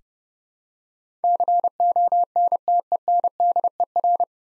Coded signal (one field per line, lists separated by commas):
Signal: Morse code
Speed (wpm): 30 wpm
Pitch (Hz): 700 Hz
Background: none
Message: CONTENDER